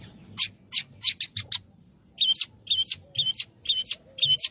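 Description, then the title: Long-tailed shrike song: harsh chattering notes in two bursts, the second a series of repeated scratchy phrases. Singing lively (gacor). "Cendet Gacor"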